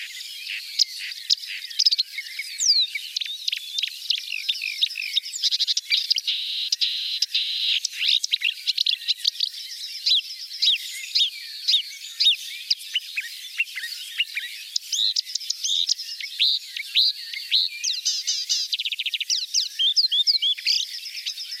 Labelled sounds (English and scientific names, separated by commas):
Marsh Warbler (Acrocephalus palustris) song